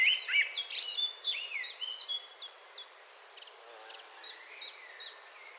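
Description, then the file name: Common blackbird with a mellow warble and high squeaky notes at the start, then quieter scattered chirps and repeated high chips. "Turdus merula"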